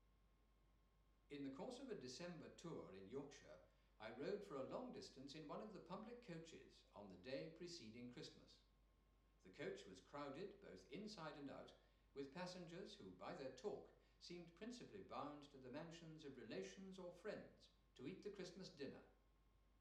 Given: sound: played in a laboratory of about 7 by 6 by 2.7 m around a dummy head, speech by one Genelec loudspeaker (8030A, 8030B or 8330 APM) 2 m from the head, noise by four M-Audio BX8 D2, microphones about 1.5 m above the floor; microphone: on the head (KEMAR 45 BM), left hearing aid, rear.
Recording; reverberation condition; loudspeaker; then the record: male speech in English; medium; 150 degrees to the left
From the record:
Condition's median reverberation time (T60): about 510 ms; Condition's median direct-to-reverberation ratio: about -0.5 dB